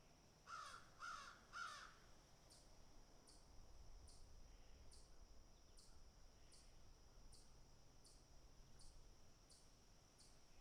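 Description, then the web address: Crow with three harsh caws at the start, then a long stretch of regular high ticking clicks about every second. Crows picking and eating. "animals crows picking and eating"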